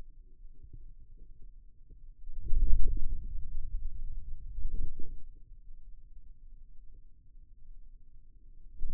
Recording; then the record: forearm muscle sounds (acoustic myography)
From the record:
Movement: wrist extension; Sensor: system 2, bracelet of six BSWA MPA416 microphones around the upper forearm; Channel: 2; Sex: male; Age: 22 years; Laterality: right